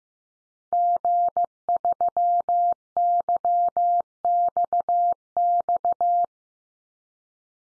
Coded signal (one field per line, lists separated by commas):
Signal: Morse code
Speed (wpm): 15 wpm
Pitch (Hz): 700 Hz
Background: none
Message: G3YXX